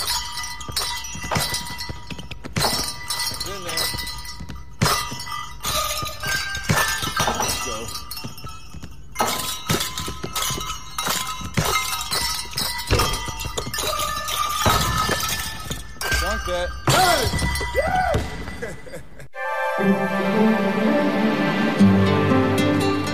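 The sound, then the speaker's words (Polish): Basketballs shot by NBA stars thump against hoops fitted with bells in quick succession. Each successful shot sets off bright ringing bell tones that together play Jingle Bells, followed by a fuller stretch of sustained, chiming music near the end. “Kosze z dzwoneczkami, celne rzuty i jingle bells.”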